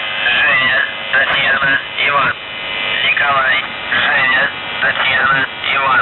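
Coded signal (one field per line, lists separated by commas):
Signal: numbers station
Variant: UVB-76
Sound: a voice speaking continuously over noisy, band-limited shortwave radio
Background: radio static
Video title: The Buzzer/UVB-76(4625Khz) April 28th, 2023 12:54UTC Voice message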